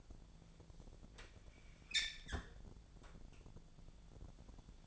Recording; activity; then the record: daily activity, microphone in the room; close fridge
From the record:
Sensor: 5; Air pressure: 1000.2 hPa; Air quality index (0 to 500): 104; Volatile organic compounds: 1 ppm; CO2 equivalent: 841 ppm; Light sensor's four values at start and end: 231/547/234/256 and 228/541/231/252